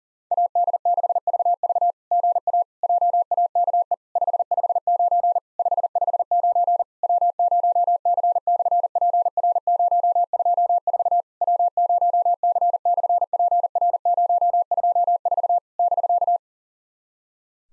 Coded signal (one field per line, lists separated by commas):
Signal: Morse code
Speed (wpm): 40 wpm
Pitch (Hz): 700 Hz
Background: none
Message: AD6VV GA JAKE 559 559 W0C/PR024 W0C/PR024 <BK>